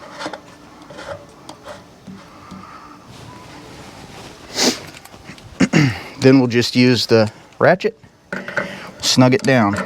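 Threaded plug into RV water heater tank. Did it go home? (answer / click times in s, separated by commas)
no / none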